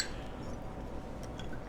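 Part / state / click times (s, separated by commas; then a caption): cap onto a fragrance bottle / seated / 1.4 s. A cap is put back onto a fragrance bottle, and a short tick-like click at 1.4 seconds marks it seating into place. The rest of the clip is quiet background with no talking.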